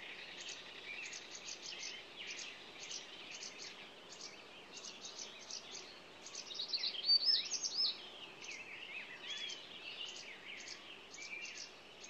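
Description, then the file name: Songbird chorus with steady high chirps repeated roughly twice a second, mixed with warbled and whistled phrases from other birds that swell briefly after seven seconds. Morning songbird ambience. "Echoes Of Nature-Morning Songbirds"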